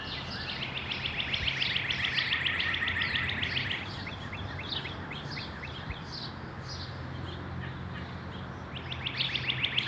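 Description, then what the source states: Birds singing: a long rapid trill of repeated high notes, then spaced chips and another trill at the end, over a low steady hum. Recorded in a backyard.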